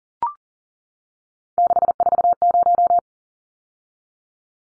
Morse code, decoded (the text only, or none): 640